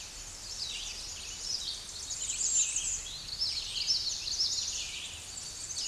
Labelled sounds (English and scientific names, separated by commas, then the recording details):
Common Yellowthroat (Geothlypis trichas) song
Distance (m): 20 m
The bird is about level with the microphone
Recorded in a Pennsylvania forest on 16 May 2024 at 09:35
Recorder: AudioMoth, point MSD-1293
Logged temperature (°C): 12.0 °C
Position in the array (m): 44 m, 170 m